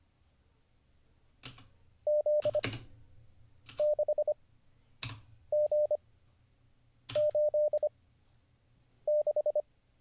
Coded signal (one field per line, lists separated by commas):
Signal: Morse code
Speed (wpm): 25 wpm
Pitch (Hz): 600 Hz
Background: none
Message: Z 6 G 8 6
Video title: How to Learn Morse Code (Day 39) [Livestream]